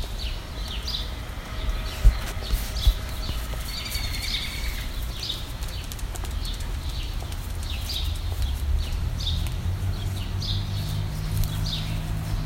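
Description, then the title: Bird chirping with short high notes about once a second, one brief lower trill, over a low rumble and a few clicks. "Birds Chirping Meditation"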